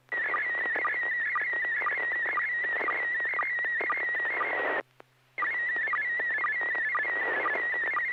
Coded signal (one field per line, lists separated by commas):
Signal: SSTV (slow-scan television)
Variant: PD 120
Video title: N6NA SSTV Net - 04/01/2026